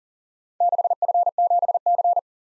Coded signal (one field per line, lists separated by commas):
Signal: Morse code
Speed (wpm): 39 wpm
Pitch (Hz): 700 Hz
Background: none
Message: 6F7C